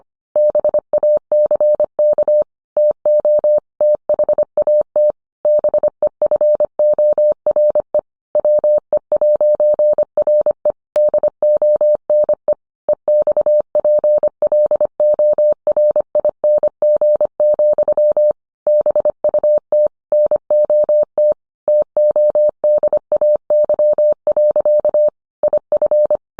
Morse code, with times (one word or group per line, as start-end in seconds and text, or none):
0.4-2.4 BACK
2.8-3.6 TO
3.8-5.1 THAT
5.5-8.0 BEFORE
8.3-10.7 WE'RE
11.0-12.5 DONE
12.9-18.3 EXPLORING,
18.7-19.9 BUT
20.1-21.3 NOT
21.7-25.1 TODAY.
25.4-26.2 IF